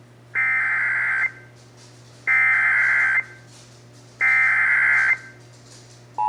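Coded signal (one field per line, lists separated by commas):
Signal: Emergency Alert System (SAME) tones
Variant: header bursts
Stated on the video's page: Severe thunderstorm warning relayed by an AM broadcast station.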